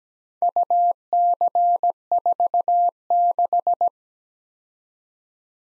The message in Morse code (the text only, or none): UC46